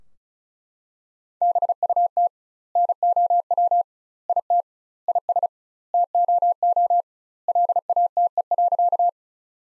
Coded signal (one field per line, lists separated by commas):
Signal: Morse code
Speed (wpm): 34 wpm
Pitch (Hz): 700 Hz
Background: none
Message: BUT NOW IT IS TOO LATE.